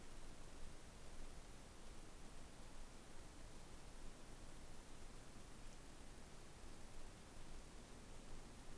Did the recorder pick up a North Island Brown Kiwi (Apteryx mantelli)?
no